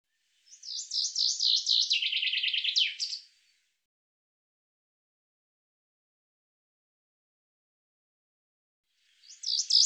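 Bird giving a fast phrase of high, jumpy chirps that ends in a downward sweep, followed by quiet and then the phrase beginning again.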